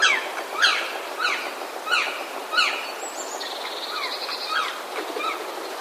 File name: dryocopus martius